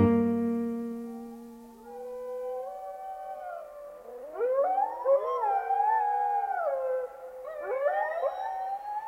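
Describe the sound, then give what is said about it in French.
Wolves in an enclosure, just after being fed bones, howl in long, gliding tones. A single low howl fades out, then several voices join in overlapping, wavering pitches that rise and fall together as a steady chorus, with no talking. “Il y a des loups dans un enclos qui disent jamais rien, ils sont parfaitement tranquilles.”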